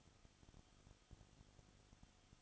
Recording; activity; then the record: daily activity, microphone in the room; no activity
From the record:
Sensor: 4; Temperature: 22.7 degrees Celsius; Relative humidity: 31.7%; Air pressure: 995.4 hPa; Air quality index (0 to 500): 158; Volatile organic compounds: 2 ppm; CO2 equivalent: 1252 ppm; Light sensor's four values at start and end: 2/3/1/1 and 2/3/1/1